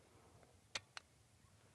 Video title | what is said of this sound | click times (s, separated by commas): Updated Reviews: Vol 1 | like right there. It will go just as far to even look like the mag is seated. | 0.8 s, 1.0 s